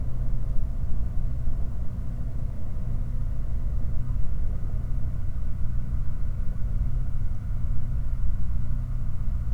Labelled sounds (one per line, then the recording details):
machinery
flare stack
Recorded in the Prudhoe Bay oil fields, Alaska, on 19 July 2019 at 06:10
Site 29